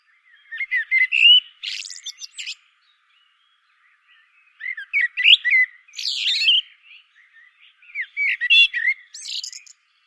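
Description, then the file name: Common blackbird song: three warbled phrases, each with a squeaky high twitter, separated by short pauses. "Turdus merula"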